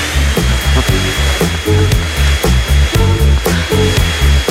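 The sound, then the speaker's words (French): A vacuum cleaner runs with a loud, steady motor whir and a thin high whine, while a rhythmic thumping beat pulses underneath the whole time. “Nous, ici, par exemple, pour dans le disque, on passe l'aspirateur.”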